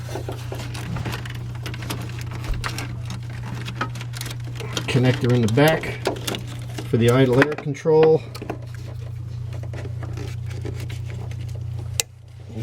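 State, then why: Seated. A plastic wiring connector for the idle air control valve, at the back of the throttle body on a Discovery Series II, is pushed on until it latches, with a steady low hum under the clip while someone talks. A sharp click comes at 12.0 s, confirming the connector is seated, and the hum drops away right after.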